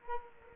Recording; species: mosquito wingbeat signal from an infrared sensor; Culex quinquefasciatus